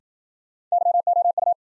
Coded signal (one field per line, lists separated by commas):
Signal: Morse code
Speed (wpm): 53 wpm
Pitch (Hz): 700 Hz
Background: none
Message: YOU